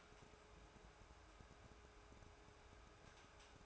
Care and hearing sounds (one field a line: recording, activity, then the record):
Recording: daily activity, microphone in the room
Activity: take from stove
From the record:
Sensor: 2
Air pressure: 1010.2 hPa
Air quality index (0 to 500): 160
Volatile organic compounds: 7 ppm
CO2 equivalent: 2006 ppm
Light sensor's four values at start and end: 41/98/44/50 and 41/99/44/50